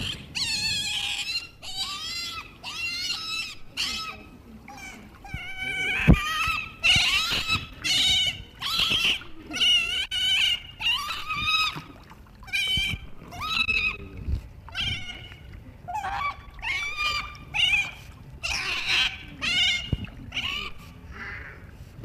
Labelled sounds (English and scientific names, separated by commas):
European Otter (Lutra lutra) call